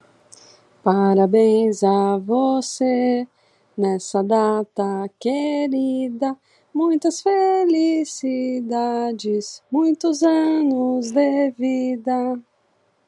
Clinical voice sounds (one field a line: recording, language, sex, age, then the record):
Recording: short text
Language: Brazilian Portuguese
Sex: female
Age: 40 to 49 years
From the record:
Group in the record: control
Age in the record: 43 years